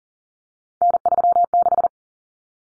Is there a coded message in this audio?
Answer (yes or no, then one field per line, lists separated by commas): yes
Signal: Morse code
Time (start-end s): 0.8-1.9 s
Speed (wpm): 40 wpm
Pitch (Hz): 700 Hz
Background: none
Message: N36